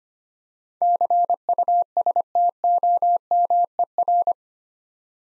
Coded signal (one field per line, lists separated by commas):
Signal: Morse code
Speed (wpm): 25 wpm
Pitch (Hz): 700 Hz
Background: none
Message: CUSTOMER